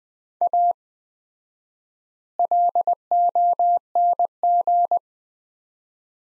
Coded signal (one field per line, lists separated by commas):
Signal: Morse code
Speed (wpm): 20 wpm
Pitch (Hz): 700 Hz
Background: none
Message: A LONG